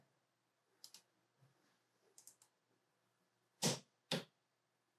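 A torque wrench set to 100 inch-pounds tightens a fastener on the XZ spindle carriage of a Bantam Tools Desktop CNC while the spindle house assembly is being replaced. Faint pairs of light clicks come at about 0.8–0.9 s and 2.2–2.4 s, then a loud broadband snap at about 3.7 s. The wrench gives its sharp release click at 4.1 s, confirming the fastener has reached its torque setting.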